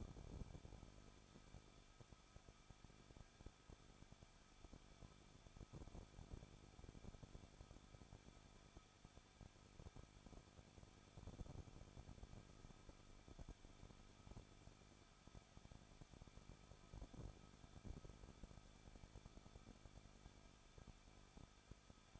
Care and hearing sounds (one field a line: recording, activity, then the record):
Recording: daily activity, microphone in the room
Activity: no activity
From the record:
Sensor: 5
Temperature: 20.7 degrees Celsius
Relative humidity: 38.3%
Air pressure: 1006.6 hPa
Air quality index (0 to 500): 186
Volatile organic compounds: 17 ppm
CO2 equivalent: 2597 ppm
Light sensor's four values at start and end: 2/3/1/1 and 2/3/1/1